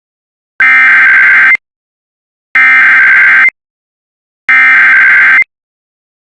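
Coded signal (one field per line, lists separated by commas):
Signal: Emergency Alert System (SAME) tones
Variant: header bursts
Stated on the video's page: Fire warning tones delivered via IPAWS CAP for a fire in Coconino County, Arizona.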